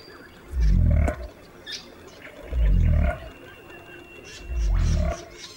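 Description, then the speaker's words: Southern cassowary grunting: three deep, booming, pig-like pulses, evenly spaced about two seconds apart, with soft bird chirps in the background. Pig-like grunting on the forest floor of the rainforests of northeastern Australia. "pig-like grunting on the forest floor tells us we're in the company of the largest bird on the continent, the southern cassowary."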